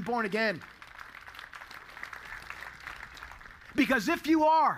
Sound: applause